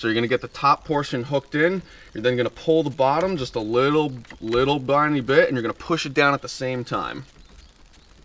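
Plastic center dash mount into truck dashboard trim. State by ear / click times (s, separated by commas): not seated / none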